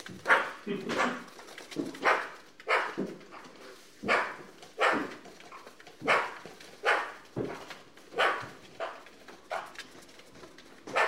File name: Pica pica